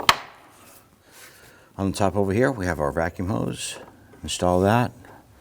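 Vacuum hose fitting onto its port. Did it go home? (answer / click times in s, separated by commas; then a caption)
no / none. A vacuum hose fitting is handled and brought to its port on top of the base while replacing the active grille shutter on a 2010-2019 Ford Taurus. A sharp knock sounds at 0.1 s, followed by quiet handling and someone talking. The fitting has not been pushed on yet, and nothing has seated or clicked.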